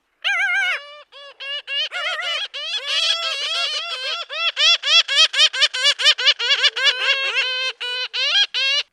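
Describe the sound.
Bird calling in a rapid, steady series of many harsh squawking notes, each short and separate, continuing throughout.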